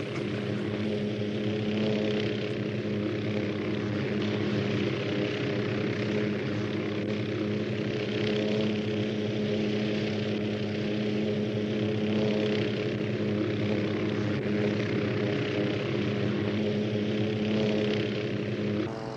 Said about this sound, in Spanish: Helicóptero SP.